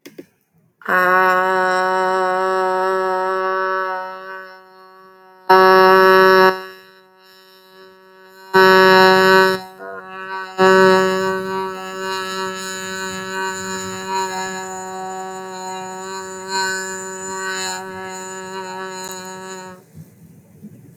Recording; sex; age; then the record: vowel held as long as possible; female; 30 to 39 years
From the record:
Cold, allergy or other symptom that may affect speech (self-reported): no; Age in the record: 31 years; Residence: Louisiana, United States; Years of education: 18